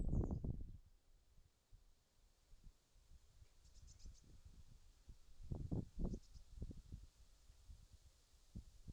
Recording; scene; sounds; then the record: everyday scene through a hearing-aid microphone; wind on the microphone; wind, birds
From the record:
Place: in front of a rural house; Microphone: in the ear canal, left